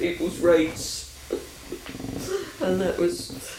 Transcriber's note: laughs